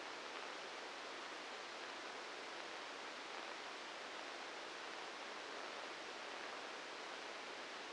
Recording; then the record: brain microelectrode recording played as sound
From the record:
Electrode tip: outside the subthalamic nucleus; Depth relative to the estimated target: 2 mm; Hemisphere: left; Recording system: NeuroSet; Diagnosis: Parkinson's disease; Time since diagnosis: 10 years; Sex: male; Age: 56 years